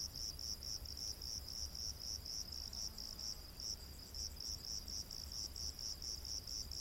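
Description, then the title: Cricket calling in rapid high chirps, about two per second, set against a steady hiss of background noise. Rainforest at night. "Crickets of the Rainforest"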